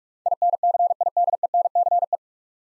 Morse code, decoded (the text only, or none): INCIDENCE